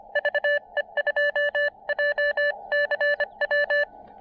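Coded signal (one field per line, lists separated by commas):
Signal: Morse code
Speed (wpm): 27 wpm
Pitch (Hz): 590 Hz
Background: none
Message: VE2JCW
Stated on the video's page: QRP CW park activation in Baie-Comeau, Québec, on 20m and 17m.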